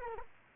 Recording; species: mosquito wingbeat signal from an infrared sensor; Culex quinquefasciatus